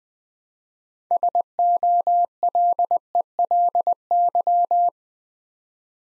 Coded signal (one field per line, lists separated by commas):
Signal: Morse code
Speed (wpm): 20 wpm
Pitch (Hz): 700 Hz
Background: none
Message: SOLELY